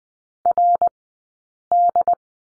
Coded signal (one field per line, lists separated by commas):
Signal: Morse code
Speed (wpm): 20 wpm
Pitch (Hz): 700 Hz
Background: none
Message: RD